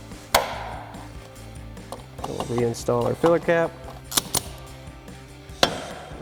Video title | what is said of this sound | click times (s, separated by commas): Jeep Wrangler JL RedRock Fuel Filler Door Cover Review & Install | I'm just gonna pop that right back in. | 0.4 s